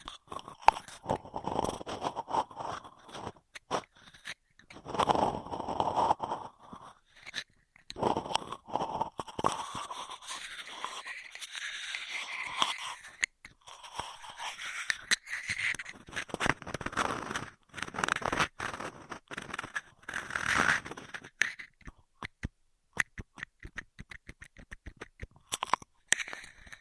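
Straw sounds: squeaky, hollow rubbing and sucking noises come in uneven bursts of a second or two, separated by brief silences. Some passages turn wheezy and airy, others sharper with quick clicks and crackles, and the texture shifts throughout.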